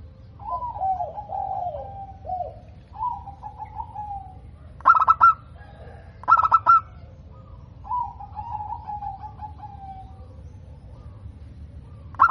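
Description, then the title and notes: Zebra dove, two or three short bursts of fast coo notes amid longer wavering whistled phrases, with a low background rumble. Local (lokal) bird, described as singing actively (gacor) with a clear, ringing, loud voice (suara kristal lantang). "PERKUTUT LOKAL GACOR Suara KRISTAL LANTANG. Kicau Burung Perkutut"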